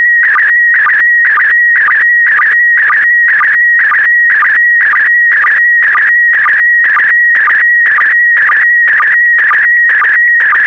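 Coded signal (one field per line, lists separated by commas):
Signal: SSTV (slow-scan television)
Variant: PD120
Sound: steady high whistle broken twice a second by warbling bursts with low chirps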